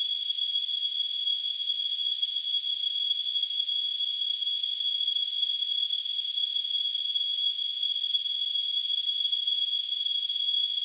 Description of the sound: Tinnitus.